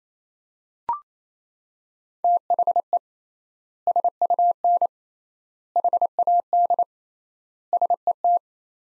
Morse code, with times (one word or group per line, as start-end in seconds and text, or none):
2.2-3.0 THE
3.9-4.9 SUN
5.8-6.8 HAD
7.7-8.4 SET